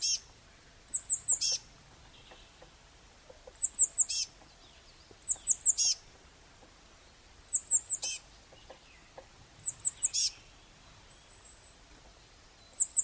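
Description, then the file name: Eurasian blue tit calling: thin, very high phrases of three or four notes, most ending in a short harsh burst, repeated several times in a quiet background. "Cyanistes caeruleus"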